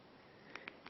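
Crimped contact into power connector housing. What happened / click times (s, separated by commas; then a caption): The crimped contact clicked into the connector housing / 0.7 s. A crimped metal contact on the end of a wire is pushed into the plastic housing of an Anderson Powerpole power connector until it latches. Short sharp ticks sound at about 0.6, 0.7, 0.9 and 0.9 seconds over a low background hiss, with the latching click at 0.7 seconds. The contact is seated in the housing.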